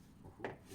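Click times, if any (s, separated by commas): 0.5 s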